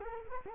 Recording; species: mosquito wingbeat signal from an infrared sensor; Culex quinquefasciatus